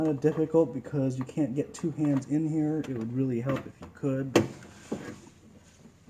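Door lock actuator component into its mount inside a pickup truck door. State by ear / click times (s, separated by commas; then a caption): not seated / none. A door lock actuator component is being worked into its mount inside the door of a 2003 Ford F150 SuperCrew pickup, handled one-handed in a tight space. Someone talks over faint handling noises and a brief sharp knock near 4.4 seconds. Nothing has seated or popped into place yet.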